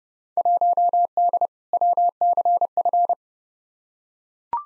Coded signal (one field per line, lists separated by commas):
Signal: Morse code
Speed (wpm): 29 wpm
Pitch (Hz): 700 Hz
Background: none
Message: 1D WCF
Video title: Field Day Exchange v2 - 30wpm